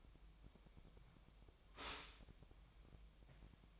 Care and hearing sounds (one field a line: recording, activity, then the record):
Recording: daily activity, microphone in the room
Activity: stop toaster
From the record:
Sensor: 1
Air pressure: 1001.9 hPa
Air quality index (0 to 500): 238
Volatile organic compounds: 43 ppm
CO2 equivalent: 3192 ppm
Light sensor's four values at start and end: 11/36/13/15 and 11/36/13/15